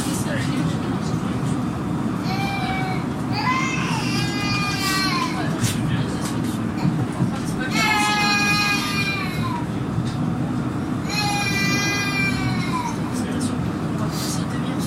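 A baby cries in bursts around seconds 2–5, 8 and 11–13 over a constant low rumble of a moving tram and murmuring voices.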